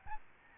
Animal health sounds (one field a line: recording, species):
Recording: mosquito wingbeat signal from an infrared sensor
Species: Aedes albopictus